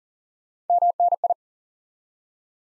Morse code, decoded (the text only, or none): MNI